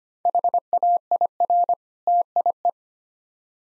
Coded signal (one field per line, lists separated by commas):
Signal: Morse code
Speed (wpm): 25 wpm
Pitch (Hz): 700 Hz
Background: none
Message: HAIR TIE